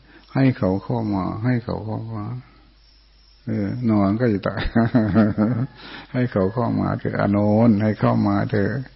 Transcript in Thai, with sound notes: ให้เขาเข้ามาๆ”นอนใกล้จะตาย“ (หัวเราะ) ให้เขาเข้ามาเถอะอานนท์ให้เข้ามาเถอะ